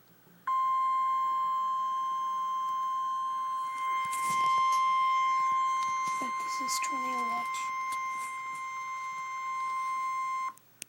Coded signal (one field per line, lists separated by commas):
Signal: Emergency Alert System (SAME) tones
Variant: 1050 Hz attention tone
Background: speech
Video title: REAL EAS 298-tornado watch